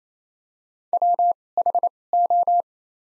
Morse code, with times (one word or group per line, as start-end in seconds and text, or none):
0.9-1.3 W
1.6-1.9 H
2.1-2.6 O